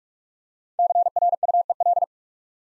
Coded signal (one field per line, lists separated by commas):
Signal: Morse code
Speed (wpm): 44 wpm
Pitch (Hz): 700 Hz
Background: none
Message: CRUEL